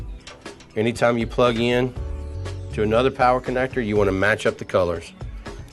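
A power supply connector is lined up with a mating power connector by matching wire colours, ready to be pushed together, while someone talks and a few short taps sound near the start. The clip ends before the connector goes home, so nothing has seated or clicked yet.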